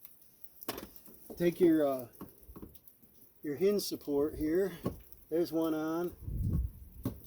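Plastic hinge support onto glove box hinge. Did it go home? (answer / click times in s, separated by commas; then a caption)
yes / 7.1 s. Someone talks while a plastic glove box hinge support on a Subaru is pushed onto its pin, after an earlier attempt did not go fully in. A short click is heard at 7.1 s as the hinge support seats.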